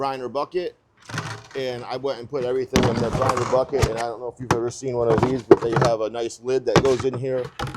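Someone talks while handling a plastic press-down inner lid for a brining bucket, the kind that locks into place to hold the turkey down under the brine. A few brief knocks sound between the words, but the clip ends before the lid goes home, so nothing has seated or clicked yet.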